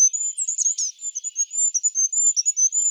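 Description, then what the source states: Goldcrest giving very high, thin, sibilant notes in a rapid, almost continuous run for three seconds, with no other clear sounds. Slovenia.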